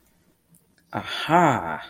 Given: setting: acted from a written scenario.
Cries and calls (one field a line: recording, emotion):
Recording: vocal sound without words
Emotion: realization